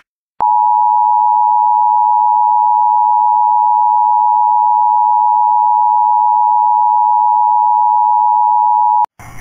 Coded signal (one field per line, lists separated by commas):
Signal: Emergency Alert System (SAME) tones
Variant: 853 and 960 Hz attention tone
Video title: EAS Severe Thunderstorm Warning (MOCK)